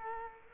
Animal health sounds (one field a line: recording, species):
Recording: mosquito wingbeat signal from an infrared sensor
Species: Culex quinquefasciatus